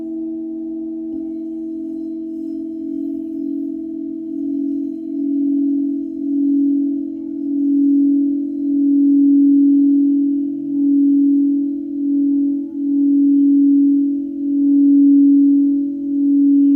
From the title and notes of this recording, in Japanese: 深夜のメキシコから シンギングボウルのサウンドヒーリング ライブ。